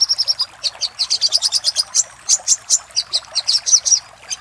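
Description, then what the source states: Little spiderhunter producing an almost continuous run of shrill, high notes at slightly irregular intervals. Master recording of little spiderhunter ('sogok ontong'), labelled Labaik, used for training cage birds.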